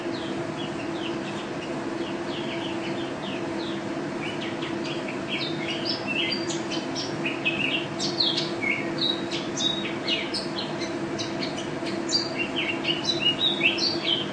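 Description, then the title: White-eye song of rapid, high twittering notes, varied and nearly continuous, over a steady background hum. Contest bird, first-place national champion, singing constantly in ropel style with canary song imitations (isian kenari); video from 2015. "Pleci Juara 1 Nasional pleci Gacor juara nasional teler gacor ropel pleci isian kenari Video 2015"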